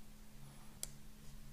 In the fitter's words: just kind of line it up and push it down it should click in